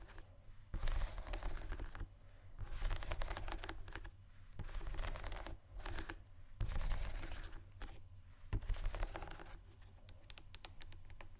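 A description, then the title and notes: Shoes scratch and tap in repeated bursts, each lasting one to two seconds and separated by short, quieter pauses. The scratching is dense and gritty, broken by quick clicking taps that sound almost like typing, with a low steady rumble underneath throughout. ASMR Shoes Scratching & Tapping（No Talking）.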